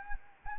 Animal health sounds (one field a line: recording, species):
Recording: mosquito wingbeat signal from an infrared sensor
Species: Anopheles gambiae